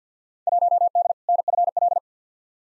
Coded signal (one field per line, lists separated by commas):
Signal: Morse code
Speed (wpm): 50 wpm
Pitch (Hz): 700 Hz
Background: none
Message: 1D NFL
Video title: Field Day Exchange v2 - 50wpm